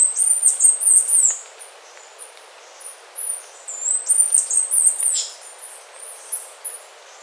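Bird calling with thin, very high notes, some sweeping down, in fast irregular runs that fade toward the end, against faint hiss.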